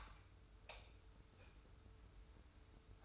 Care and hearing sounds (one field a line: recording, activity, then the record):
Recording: daily activity, microphone in the room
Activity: light on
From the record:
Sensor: 2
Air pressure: 991.0 hPa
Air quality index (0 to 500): 119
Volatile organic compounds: 77 ppm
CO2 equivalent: 3580 ppm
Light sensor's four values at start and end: 25/58/24/24 and 29/76/30/30